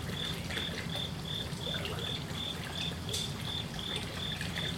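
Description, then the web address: Cricket chirping, a high clean note repeated evenly about three times a second over a steady rush of trickling water. Crickets at night beside trickling water in Kyoto, Japan. "lynne-publishing water trickle crickets night Kyoto Japan"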